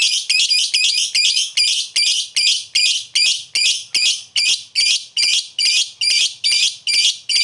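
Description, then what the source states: Lovebird calls: loud, harsh, buzzy notes repeated rhythmically, a few per second, in a long, fairly even series. Lovebird giving long 'ngetik ngekek' chatter; a master recording (masteran) for training other birds.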